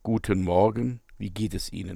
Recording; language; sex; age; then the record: spoken sentence; German; male; 50 to 59 years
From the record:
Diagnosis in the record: psychogenic dysphonia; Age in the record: 59 years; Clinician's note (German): Funktionelle